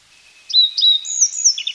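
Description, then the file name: Japanese yellow bunting song fragment: high sliding whistles leading into a sustained thin note and a few quick lower notes at the end. "nojiko"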